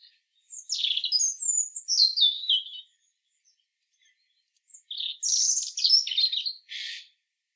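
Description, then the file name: European robin giving two long, high, liquid phrases of descending and wavering notes, the second ending with a short buzzy burst, a quiet gap between them. "Erithacus rubecula"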